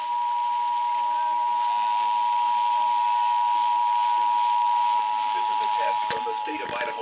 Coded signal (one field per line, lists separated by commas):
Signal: Emergency Alert System (SAME) tones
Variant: 853 and 960 Hz attention tone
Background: speech